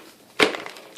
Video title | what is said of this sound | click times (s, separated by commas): Vax S84-W7-P 1600W 0.46L Steam Fresh power plus steam mop review & test | just put in in there and then it is going to click in place like | 0.4 s